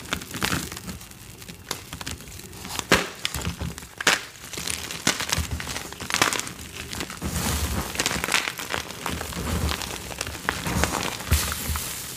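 Watermelon being crushed and bitten, a dense run of wet, crunchy cracks and splintering snaps that keeps going for the whole twelve seconds. Sharp bursts stand out near 3, 4 and 6 seconds, with a thicker, louder stretch of crunching from about 7 to 10 seconds.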